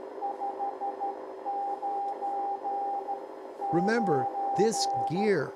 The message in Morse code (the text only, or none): 599